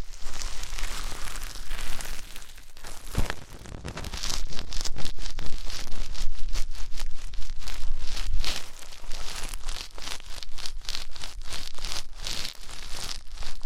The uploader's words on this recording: ASMR INTENSE Deep Ear Cleaning (No Talking).